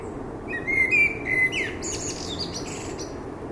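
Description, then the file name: Common blackbird giving a run of high, squeaky and chattering call notes over steady background noise. "Turdus merula"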